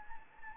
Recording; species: mosquito wingbeat signal from an infrared sensor; Anopheles gambiae